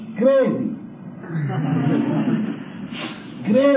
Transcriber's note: laughter